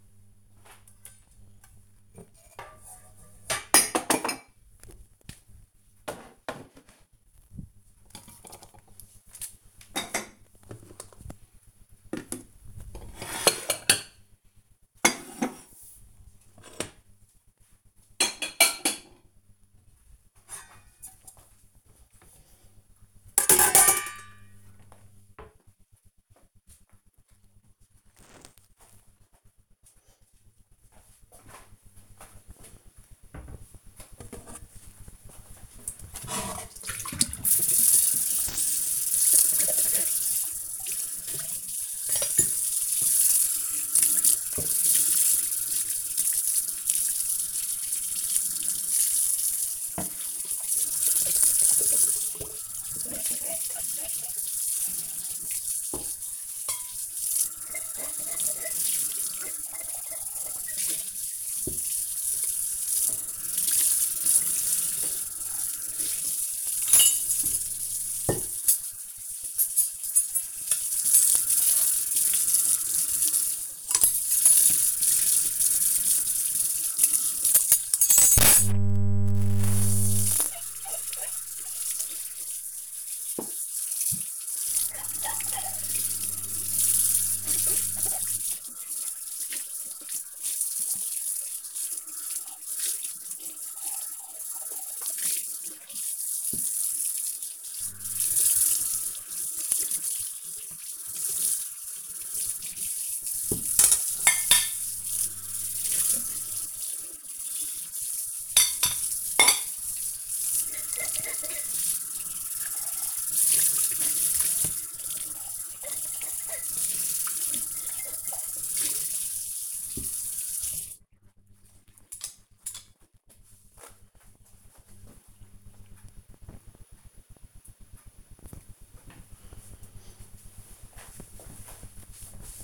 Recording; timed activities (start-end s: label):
household activities, microphone on the right wrist
0.00-26.45 s: putting away the dishes
33.51-121.20 s: washing dishes